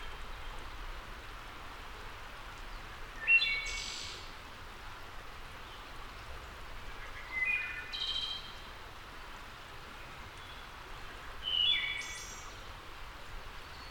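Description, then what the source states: Wood thrush song: three flute-like phrases, about four seconds apart, each ending in a high, ringing trill, over a steady rain-like hiss. Labelled as a return.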